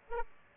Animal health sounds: mosquito wingbeat signal from an infrared sensor; Aedes aegypti

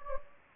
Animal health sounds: mosquito wingbeat signal from an infrared sensor; Anopheles gambiae

